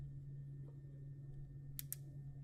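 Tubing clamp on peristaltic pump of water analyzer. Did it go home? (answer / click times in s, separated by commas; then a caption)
yes / 1.8 s, 1.9 s. The tubing clamp on the peristaltic pump of a water analyzer is put down and pressed on both sides. Two sharp clicks are heard at 1.8 and 1.9 seconds over a steady low hum, and the clamp clicks into place.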